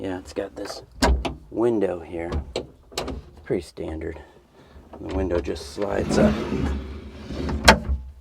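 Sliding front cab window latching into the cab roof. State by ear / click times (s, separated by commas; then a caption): seated / 7.7 s. Someone talks as the front cab window of a Sany SY35U mini excavator is slid up into the cab roof for more view, with a rising rush of sliding noise. It ends in one sharp, loud hit at 7.7 s as the window latch locks in place.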